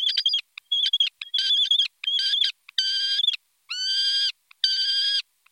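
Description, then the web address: Falcon giving harsh, harmonic screaming calls in bursts of about half a second, some with rapid stuttering chatter, later notes longer and more drawn-out whines; no other sounds. "zvuky divociny. sokol"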